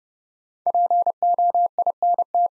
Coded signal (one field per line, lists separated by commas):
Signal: Morse code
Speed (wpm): 28 wpm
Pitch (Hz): 700 Hz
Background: none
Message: POINT